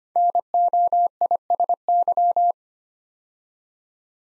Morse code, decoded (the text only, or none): NOISY